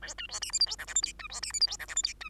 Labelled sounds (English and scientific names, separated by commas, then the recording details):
Bengalese Finch (Lonchura striata domestica) song
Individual Bird2